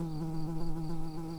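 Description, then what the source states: Early bumblebee buzzing: a steady low droning hum with rich overtones, wavering slightly in loudness throughout. Workers.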